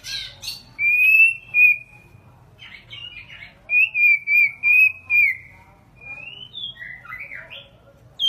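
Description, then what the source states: White-rumped shama song: clear, sliding whistled phrases mixed with short chirps, delivered in bursts with brief pauses. Female, singing.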